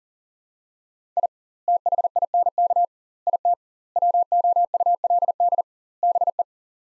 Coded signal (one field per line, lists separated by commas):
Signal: Morse code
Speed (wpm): 40 wpm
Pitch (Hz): 700 Hz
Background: none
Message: I THINK IT WOULD BE